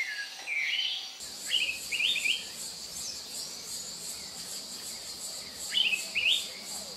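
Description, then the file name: Araripe manakin song: three short bursts of rapid, warbling, upslurred notes, the last several seconds after the second, set against a steady high insect buzz. "Canto do soldadinho do araripe"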